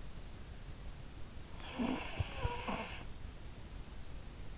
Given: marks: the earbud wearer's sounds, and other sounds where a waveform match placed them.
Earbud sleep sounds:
sounds in sleep by an in-ear microphone; snoring breath
0.78-3.41 s: snoring breath

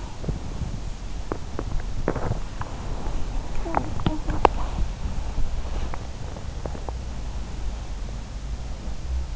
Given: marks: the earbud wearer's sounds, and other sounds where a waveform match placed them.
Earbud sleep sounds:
sounds in sleep by an in-ear microphone; teeth grinding, body movement
1.08-2.58 s: teeth grinding
2.43-7.90 s: body movement
3.54-4.95 s: teeth grinding

